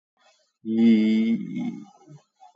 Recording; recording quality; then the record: sustained vowel as in beet; excellent, no background noise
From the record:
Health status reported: exposed to COVID-19, no respiratory illness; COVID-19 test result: negative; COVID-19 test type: RT-PCR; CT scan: taken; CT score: 7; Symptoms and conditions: loss of smell and taste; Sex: male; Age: 33 years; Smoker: no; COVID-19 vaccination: one dose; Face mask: worn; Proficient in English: yes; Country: India